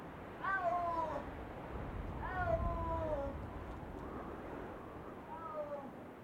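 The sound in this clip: Snow leopard giving harmonic meow-like calls that slide downward, three clear calls a few seconds apart and a fainter one between, over steady low background rumble.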